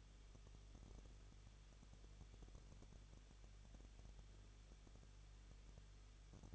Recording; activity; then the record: daily activity, microphone in the room; no activity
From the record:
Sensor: 4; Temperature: 23.0 degrees Celsius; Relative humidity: 34.3%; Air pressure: 1007.3 hPa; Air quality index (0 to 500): 213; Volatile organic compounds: 14 ppm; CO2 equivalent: 2460 ppm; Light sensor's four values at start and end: 2/3/1/1 and 2/3/1/1